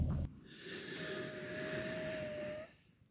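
A single steady, high-pitched whistle lasting under two seconds, holding one pitch over a low rumbling background. It is an adult's imitation of the throat whistling during breathing, as happened during an illness after a COVID vaccine. A wheeze is the whistling a narrowed airway makes during breathing.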